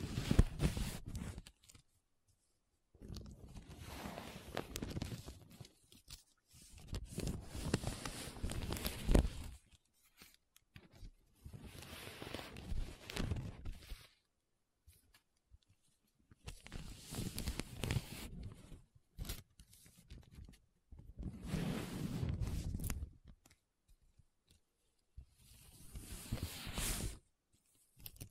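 Paper being rubbed and scratched in short bursts of a second or two, separated by silent gaps. The strokes are dry and rough, with a papery rasp that rises and falls within each burst. About nine bursts occur, spread fairly evenly through the clip.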